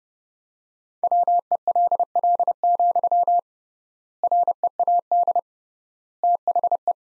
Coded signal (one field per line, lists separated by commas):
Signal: Morse code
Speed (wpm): 30 wpm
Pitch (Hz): 700 Hz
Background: none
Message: WELL, READ THE